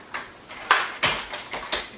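Someone presses the side release buttons on a Peg Perego Siesta high chair and lifts the seat, which steps up to the next height setting on the frame as its plastic height-adjust latch engages with a sharp click at 0.7 s. Several softer knocks and taps follow as the seat is handled. The latch has seated in position.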